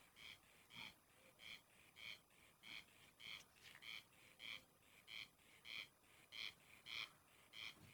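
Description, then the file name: Corn crake rasping calls repeated steadily through the whole stretch, over faint background hiss. "Corn crake voice"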